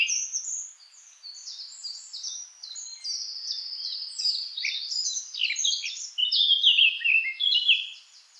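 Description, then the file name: Eurasian blackcap song: a steady stream of quick, varied high warbling notes that grows louder toward the end. "Sylvia atricapilla"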